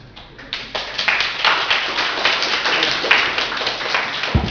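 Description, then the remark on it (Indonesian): A crowd at a talk about Pram for National Book Day 2012 applauds steadily, a dense wash of many overlapping hand claps that swells early and holds at a fairly loud, even level for several seconds. “Tidak ideologi apapun, tepuk tangan.”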